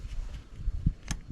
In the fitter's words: Hear a firm click.